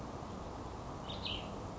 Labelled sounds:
Cassin's Vireo
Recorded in Sonoma County, California

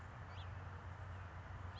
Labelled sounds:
House Finch
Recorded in Sonoma County, California

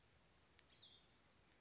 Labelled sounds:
Cassin's Vireo
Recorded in Sonoma County, California

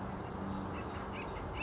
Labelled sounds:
Acorn Woodpecker
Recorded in Sonoma County, California

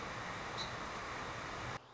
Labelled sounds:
Song Sparrow
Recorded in Sonoma County, California

